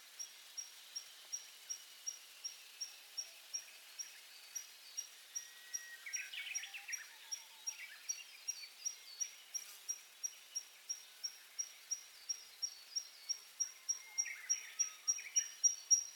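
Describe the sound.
Siberian blue robin: a steady series of high, thin ticking notes, several a second, with brief lower chirping phrases in the middle and near the end.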